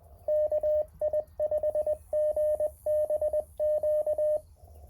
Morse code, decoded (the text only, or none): KI5GBQ